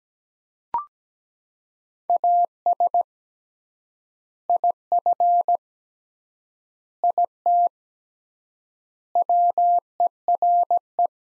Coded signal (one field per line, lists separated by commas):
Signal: Morse code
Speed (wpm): 17 wpm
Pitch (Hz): 700 Hz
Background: none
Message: AS IF IT WERE